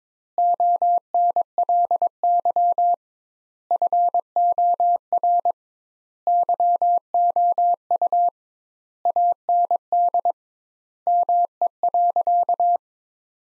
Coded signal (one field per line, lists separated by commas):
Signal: Morse code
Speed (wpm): 22 wpm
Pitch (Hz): 700 Hz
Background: none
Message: ONLY FOR YOU AND ME.